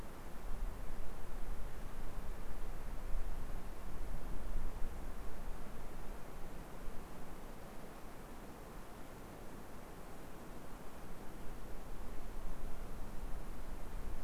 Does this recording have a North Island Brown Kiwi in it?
no